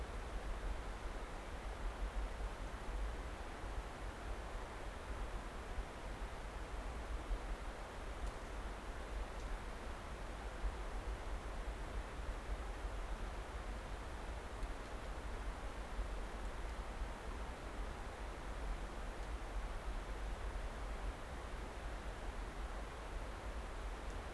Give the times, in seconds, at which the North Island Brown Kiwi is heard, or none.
none